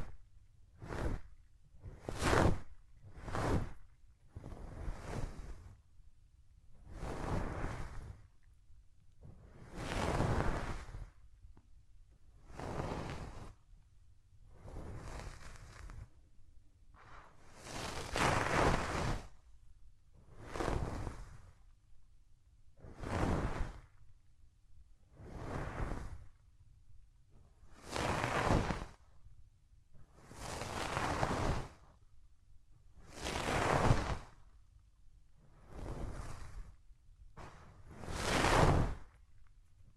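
Hands rub over the ears in a steady series of soft, full swishing strokes, each lasting about one to two seconds. The strokes come regularly, roughly every two seconds, with brief quiet gaps and a faint low hum underneath.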